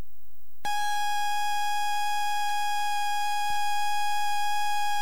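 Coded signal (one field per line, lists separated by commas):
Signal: ZX Spectrum tape loading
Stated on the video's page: ZX Spectrum tape loading of Return of the Jedi on a ZX Spectrum +3 with a WH Smith CPD8300 cassette recorder.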